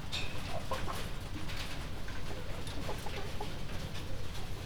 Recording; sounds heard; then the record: poultry house recording; healthy chickens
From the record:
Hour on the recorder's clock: 19